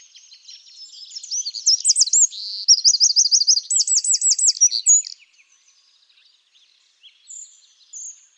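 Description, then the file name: Eurasian wren song: an explosive burst of shrill warbles and rapid trills lasting several seconds, then near silence with a few faint high notes. "Troglodytes troglodytes"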